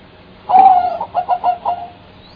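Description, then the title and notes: Bird cooing one phrase: a drawn-out level note that slides into a run of four short, evenly spaced coos. "Bird Sound. Kicau Burung Lengkap"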